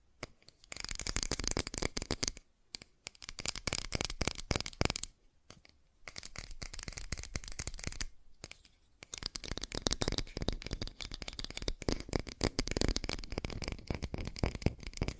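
Fast tapping in three dense bursts of rapid, crisp clicks, each lasting a few seconds, with short silent pauses near 2.5, 5.5 and 8.5 seconds.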